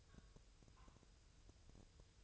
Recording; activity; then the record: daily activity, microphone in the room; take from stove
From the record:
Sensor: 2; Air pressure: 999.3 hPa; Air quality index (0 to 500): 195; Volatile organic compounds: 27 ppm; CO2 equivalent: 2888 ppm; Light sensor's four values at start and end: 6/15/6/6 and 6/15/6/6